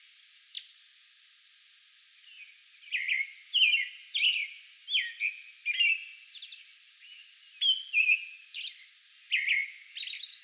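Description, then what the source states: American robin, a single high note, a two-second pause, then a steady flow of caroling whistled phrases and occasional high thin notes. Recorded May 11; a bout of song.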